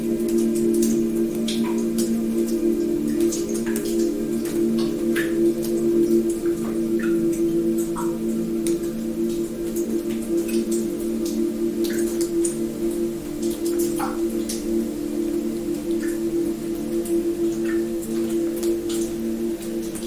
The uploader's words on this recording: Incredibly Beautiful Water Drop Sounds You've Never Heard Before.